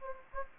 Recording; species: mosquito wingbeat signal from an infrared sensor; Anopheles gambiae